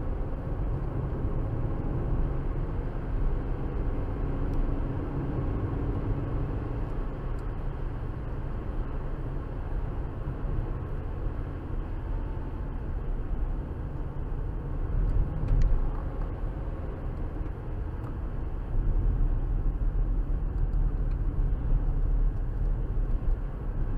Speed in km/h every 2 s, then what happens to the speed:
77, 87, 92, 92, 82, 79, 74, 71, 76, 74, 66, 68.
0-3 speeds up to 92. 6-13 slows to 71. 17-20 slows to 66.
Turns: none.